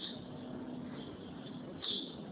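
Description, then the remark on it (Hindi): Faint birdsong drifts through a steady background hiss, with a couple of brief high chirps and what may be soft cooing underneath. No one speaks. “ये पक्षियों के गीत तुम्हें सुनाई पड़ रहे हैं, अब और कैसे पता करोगे कि ये कल्पना तो नहीं।”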